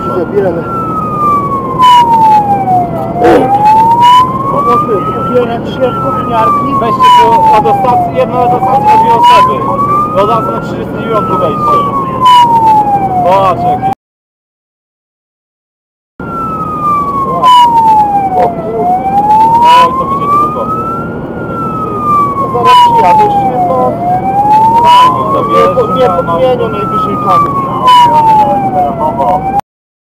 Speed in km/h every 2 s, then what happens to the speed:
79, 79, 80, 80, 80, 80, 78, 76, 75, 76, 78, 80, 81, 82, 81.
0-30 steady at about 80.